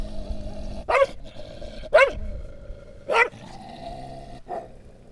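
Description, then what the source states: Dog barks three times, about once a second, with a fainter fourth bark near the end, over steady background noise. Village dogs in a hamlet in Laâssilat, Morocco, tied up, barking and growling in front of a house; recorded by Kais, Ayman and Mohamed.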